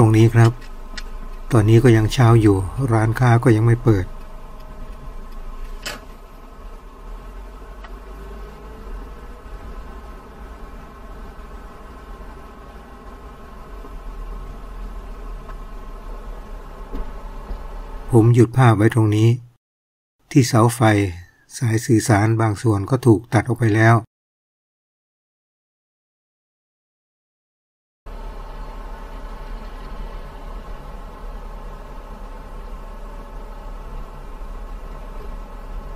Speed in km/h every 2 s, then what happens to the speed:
4, 6, 7, 7, 12, 15, 16, 16, 16, 16, 16, 16, 16, 16, 16, 16, 15, 16.
0-12 speeds up to 16. 12-36 steady at about 16.